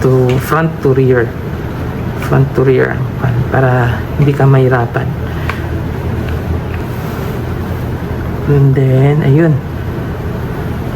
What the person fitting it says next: So maririnig niyo yung click sound Okay na po y yan